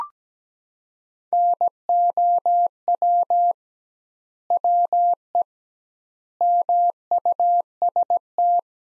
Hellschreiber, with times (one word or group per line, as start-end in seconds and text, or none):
none